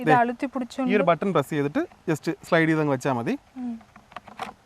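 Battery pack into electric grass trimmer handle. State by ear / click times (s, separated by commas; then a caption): seated / 4.2 s, 4.4 s. Someone talks while holding the release button and sliding a battery pack onto the handle of a small electric grass trimmer. Then quiet clicks are heard at 4.2 s and 4.4 s as the pack locks in place, confirmed as seated.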